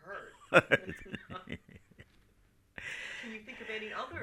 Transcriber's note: they laughs